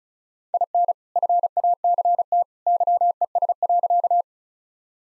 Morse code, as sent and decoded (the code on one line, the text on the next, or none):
.. -. / ..-. .- -.-. - / -.-- . ... .-.-.-
IN FACT YES.